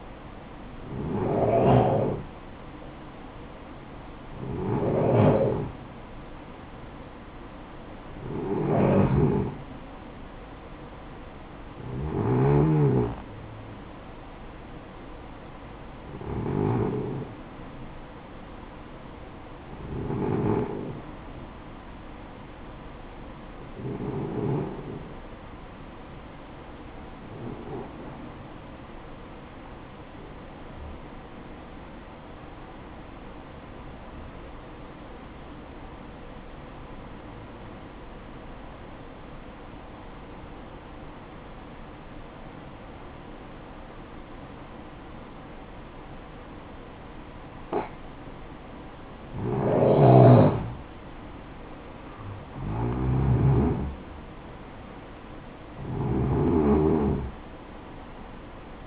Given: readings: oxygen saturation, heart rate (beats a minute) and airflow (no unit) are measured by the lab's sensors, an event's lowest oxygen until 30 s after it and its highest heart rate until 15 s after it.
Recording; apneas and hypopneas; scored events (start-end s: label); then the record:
breathing in sleep by a voice recorder at the bedside; 1
26.00-58.87 s: new sleep stage, N2 (light sleep)
29.00-49.70 s: hypopnea (N2, oxygen 96% highest, then 91% lowest, heart rate 59 at the start, 67 highest)
From the record:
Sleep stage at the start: N1 (lightest sleep); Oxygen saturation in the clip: 91 to 96%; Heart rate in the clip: 55 to 67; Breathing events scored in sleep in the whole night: 573 in 9.8 hours asleep